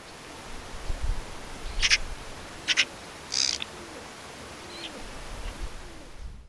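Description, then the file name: Eurasian magpie giving harsh, rasping calls: three short noisy bursts spaced under a second apart, followed by a faint thinner note, over steady low rumbling background noise. "Pica pica"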